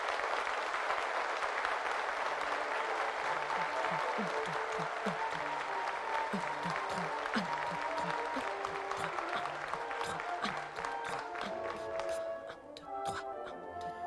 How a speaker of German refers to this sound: Und Applaus, der wie Regen fällt. Applaus, der aufs Dach klatscht.